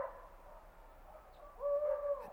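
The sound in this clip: Owl giving a soft hoot near the start, then a louder, sustained, slightly wavering hooted note lasting about half a second near the end.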